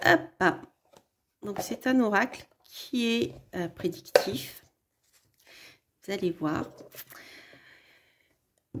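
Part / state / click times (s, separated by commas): magnetic lid on a card deck box / seated / 8.8 s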